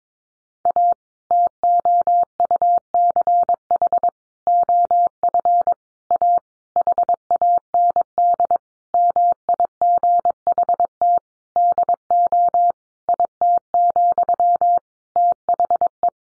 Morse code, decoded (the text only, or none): A TOUCH OF A HAND MIGHT DO IT, THE